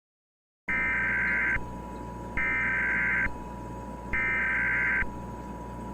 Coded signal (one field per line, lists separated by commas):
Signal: Emergency Alert System (SAME) tones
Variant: header bursts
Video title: EAS Scenario: Federal Takeover